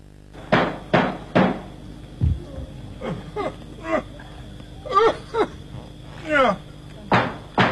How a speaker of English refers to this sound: Here's a knocking indeed. Oh. If a man were porter of Hell Gate, he should have old turning the key. Knock, knock, knock. Who's there in the name of Beelzebub?